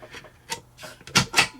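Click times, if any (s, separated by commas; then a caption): 1.1 s. During reassembly of a CZ Scorpion 3+ 9mm carbine, the bolt is pushed forward by hand into the receiver, with soft handling noises before it. At 1.1 s there is a sharp metal-on-metal snap as the bolt locks into place, followed by two louder broadband bursts around 1.2 and 1.4 s.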